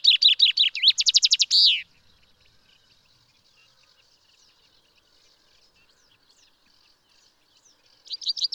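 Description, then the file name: Common chaffinch song: a loud rattling trill ending in a sharp downward flourish, a long quiet gap with faint background chirps, then a new phrase starting at the end. "Fringilla coelebs"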